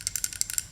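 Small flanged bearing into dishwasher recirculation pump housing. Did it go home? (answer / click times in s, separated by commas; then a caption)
no / none. A small flanged bearing is fitted into the worn recirculation pump motor housing of a Whirlpool/Kenmore dishwasher, where it was expected to snap in. It instead rattles loosely, giving six sharp bright ticks at about 0.1, 0.2, 0.2, 0.4, 0.5 and 0.6 seconds. Nothing has seated or clicked into place yet, because the worn housing has too much slop to hold the bearing in.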